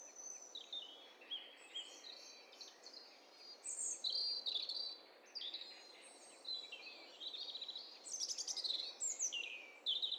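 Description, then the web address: Several birds calling at once, overlapping chirps, trills and whistled notes high in pitch, bursts coming in quick succession throughout with a soft steady hiss underneath. Several birds calling at once; stereo recording. "Hi Fi STEREO BIRD COCKTAIL PARTY Challenge"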